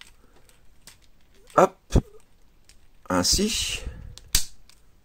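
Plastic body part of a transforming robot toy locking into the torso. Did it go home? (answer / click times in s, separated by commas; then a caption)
yes / 4.4 s. During the robot-mode transformation of a plastic Transformers Studio Series 51 Soundwave figure, the head is pulled out and a plastic body section is folded into position against the torso. Someone talks over soft handling noises and a burst of plastic rustling, then at 4.4 s the part locks into the torso with a loud, sharp plastic click. The part is clearly seated.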